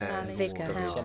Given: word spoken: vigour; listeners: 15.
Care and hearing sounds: one English word in noise, from a listening test; four-talker babble; 0.1 dB; 5 of 15; 6 of 15; 0.65 s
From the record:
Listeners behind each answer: 6, 5, 1, 1, 1, 1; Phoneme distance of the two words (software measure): 10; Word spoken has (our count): 2 syllables, 4 phonemes, stress on syllable 1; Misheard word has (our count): 2 syllables, 4 phonemes, stress on syllable 1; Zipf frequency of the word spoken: 3.14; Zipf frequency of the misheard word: 3.89

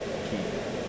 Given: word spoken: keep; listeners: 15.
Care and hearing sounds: one English word in noise, from a listening test; speech-shaped noise; -5.7 dB; 2 of 15; 10 of 15; 0.48 s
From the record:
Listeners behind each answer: 10, 2, 1, 1, 1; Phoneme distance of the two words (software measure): 7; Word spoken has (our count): 1 syllable, 3 phonemes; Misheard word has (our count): 1 syllable, 2 phonemes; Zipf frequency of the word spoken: 5.72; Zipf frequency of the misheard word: 5.07

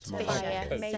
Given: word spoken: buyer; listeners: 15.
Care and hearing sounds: one English word in noise, from a listening test; four-talker babble; -2.1 dB; 0 of 15; 9 of 15; 0.57 s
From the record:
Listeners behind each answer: 9, 1, 1, 1, 1, 1, 1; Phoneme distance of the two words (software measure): 27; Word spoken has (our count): 2 syllables, 3 phonemes, stress on syllable 1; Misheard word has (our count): 2 syllables, 4 phonemes, stress on syllable 1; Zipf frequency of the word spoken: 4.13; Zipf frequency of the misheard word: 3.75

